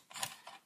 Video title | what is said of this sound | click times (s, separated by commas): Dell Optiplex GX270 Change RAM | just simply press it down and let it pop | 0.2 s